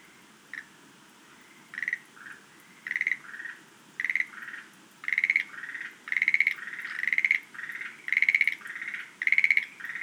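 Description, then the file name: Schlegel's green tree frog: a single click, then regular pulsed rattling calls, each trailed by a lower croak. "rodolphe alexis - rhacophorus schlegelii"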